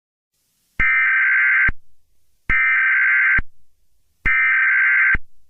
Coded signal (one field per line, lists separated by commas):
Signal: Emergency Alert System (SAME) tones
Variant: header bursts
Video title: Eas scenario 8 SCP monsters (read description)